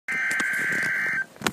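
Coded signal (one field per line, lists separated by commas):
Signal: Emergency Alert System (SAME) tones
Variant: header bursts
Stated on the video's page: Real NOAA Weather Radio alert.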